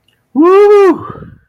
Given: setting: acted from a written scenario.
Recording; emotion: vocal sound without words; elation